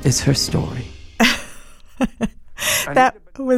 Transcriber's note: laughter